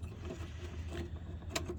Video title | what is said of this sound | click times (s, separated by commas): Fixing the cavalier! Pt.1 | I'm just gonna push against and spin hey it just clicks in place how awesome is that | 1.6 s